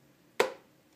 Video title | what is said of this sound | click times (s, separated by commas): Rechauffer le biberon pourSoulaymane | Il faudra ensuite fermer correctement le chauffe-biberon jusqu'à ce que tu puisses entendre un clips. | 0.4 s